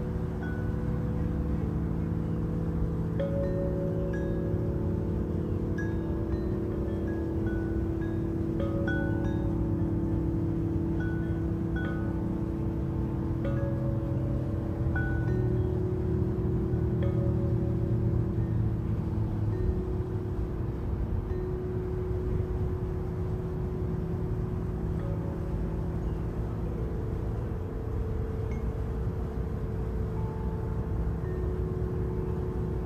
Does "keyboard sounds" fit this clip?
no